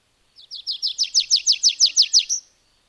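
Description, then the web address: A bird gives a single short, rapid trill of about a dozen sharp high notes, swelling then stopping abruptly, in otherwise quiet conditions. "madarak enek"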